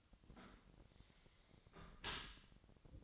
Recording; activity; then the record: daily activity, microphone in the room; close dishwasher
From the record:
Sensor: 3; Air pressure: 1003.1 hPa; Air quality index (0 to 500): 198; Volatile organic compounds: 6 ppm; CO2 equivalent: 1934 ppm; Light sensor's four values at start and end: 34/85/36/39 and 34/85/36/39